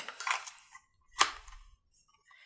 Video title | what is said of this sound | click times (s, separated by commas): Crossbreed Snapslide & Founder's Series Belt Review | when putting the firearm in you get a nice positive click and everything | 1.2 s